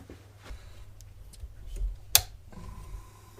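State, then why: Seated. A weather pack style wiring harness connector is pushed onto an ignition coil pack, with faint ticks and handling noise before a single sharp snap at 2.2 s (2.15 s). The connector seats fully, snapping right in with a nice, positive fit as its gasket seals.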